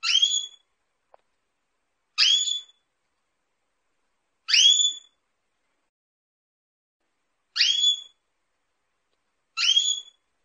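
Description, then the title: Canary calls: five short upward-curving whistled chirps with a harmonic, spaced about two to three seconds apart, silence between. Female Belgian canary in breeding condition calling for mating; the calls are used to stimulate male canaries to sing. "Canto Para Esquentar Canário Belga. Suara Kenari Betina Birahi Minta Kawin"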